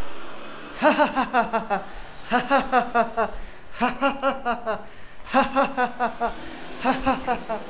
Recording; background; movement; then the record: laughter; traffic; walking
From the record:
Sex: male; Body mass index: 20.6 kg/m2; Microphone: on the chest, facing outward